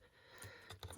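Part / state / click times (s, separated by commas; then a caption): ambient temperature sensor connector into wiring harness plug / seated / 0.8 s. A plastic connector on a 2023 Triumph Tiger Rally Explorer motorcycle's ambient temperature sensor is pushed onto its mating wiring harness plug; it was hard to push on, likely never clicked home at the factory. Small ticks at 0.4 s and 0.7 s lead to a sharp click at 0.8 s as the connector seats, followed by a softer tick at 0.9 s.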